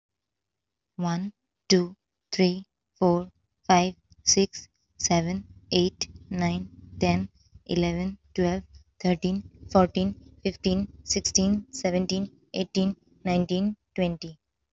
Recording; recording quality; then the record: counting at a normal pace; excellent, no background noise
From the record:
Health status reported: healthy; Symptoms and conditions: none ticked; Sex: female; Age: 27 years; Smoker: not ticked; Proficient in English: yes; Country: India